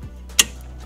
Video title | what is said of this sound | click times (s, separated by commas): CSF'S TOTAL Cooling Kit For The BMW M340I | once you hear that click just give a little test and you're good to go | 0.4 s